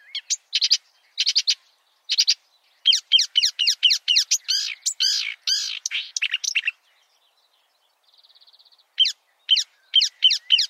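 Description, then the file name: Marsh warbler singing in quick bursts of sharp, varied chirps and harsh chattering phrases, a short pause with a soft buzzy trill, then more crisp notes. "suara-kicauan-burung-marsh-warbler -omkicau"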